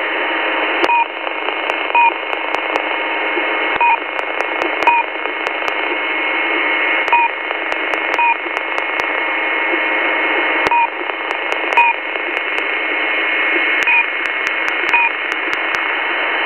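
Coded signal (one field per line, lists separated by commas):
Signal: unidentified radio signal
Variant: One Beep, Two Beeps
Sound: steady radio hiss with short two-tone beeps about once a second, plus clicks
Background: radio static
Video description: the signal no longer has the same configuration and is now simply sending out a steady two beeps per second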